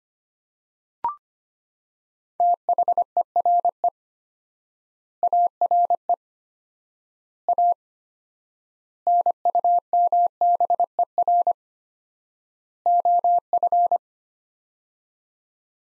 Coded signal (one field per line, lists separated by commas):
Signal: Morse code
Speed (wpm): 25 wpm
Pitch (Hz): 700 Hz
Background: none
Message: THERE ARE A NUMBER OF